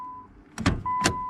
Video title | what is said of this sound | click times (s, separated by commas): How To Replace A Nissan Hood Latch | all right i heard the click oh | 0.7 s, 1.1 s